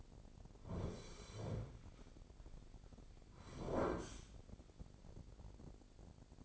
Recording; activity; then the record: daily activity, microphone in the room; sit down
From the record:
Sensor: 5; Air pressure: 1009.4 hPa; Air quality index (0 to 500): 154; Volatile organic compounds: 2 ppm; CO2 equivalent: 1185 ppm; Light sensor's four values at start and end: 282/675/288/316 and 283/676/288/316